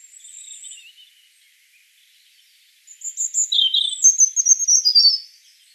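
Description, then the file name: European robin singing a faint high twittering phrase, then after a short silence a louder, rapid, tinkling phrase with thin whistles and trills. "Erithacus rubecula"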